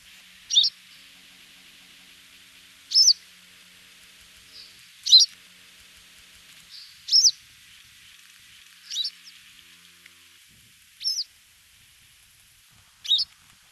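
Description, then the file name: Yellow wagtail calls, short high slurred notes given singly about every two seconds over a quiet background. "gelekwikstaart"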